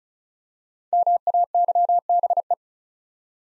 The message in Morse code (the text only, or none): MAYBE